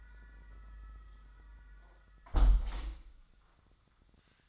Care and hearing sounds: daily activity, microphone in the room; close window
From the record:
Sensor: 3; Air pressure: 1004.6 hPa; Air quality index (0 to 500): 73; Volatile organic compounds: 2 ppm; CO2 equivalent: 1086 ppm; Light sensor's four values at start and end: 7/17/7/6 and 7/16/6/6

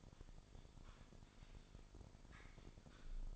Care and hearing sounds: daily activity, microphone in the room; typing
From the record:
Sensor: 5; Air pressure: 995.4 hPa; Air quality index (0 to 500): 87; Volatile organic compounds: 4 ppm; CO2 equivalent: 1614 ppm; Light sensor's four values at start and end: 35/86/35/37 and 35/86/35/37

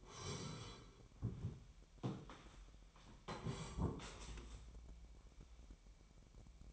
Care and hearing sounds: daily activity, microphone in the room; sit down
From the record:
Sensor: 1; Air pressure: 998.6 hPa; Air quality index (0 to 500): 122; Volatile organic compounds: 3 ppm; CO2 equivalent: 1467 ppm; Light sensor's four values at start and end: 9/20/8/10 and 9/22/9/11

